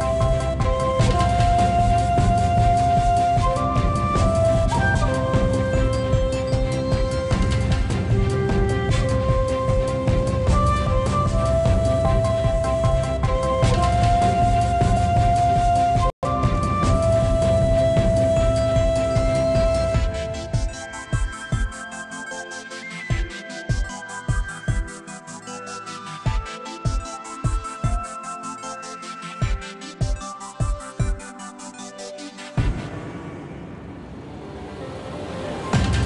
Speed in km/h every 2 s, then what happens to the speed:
100, 101, 103, 101, 105, 105, 105, 103, 103, 103, 105, 103, 105, 106, 106, 103, 101, 103.
0-36 steady at about 103.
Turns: none.